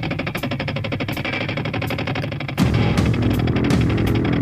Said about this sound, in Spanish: ¿Arranca o no arranca la moto?